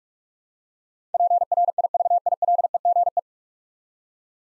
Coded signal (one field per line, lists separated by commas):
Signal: Morse code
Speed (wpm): 46 wpm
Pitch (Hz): 700 Hz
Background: none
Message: PRIVILEGE